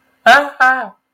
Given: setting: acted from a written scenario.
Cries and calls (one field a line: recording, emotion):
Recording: vocal sound without words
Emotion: distress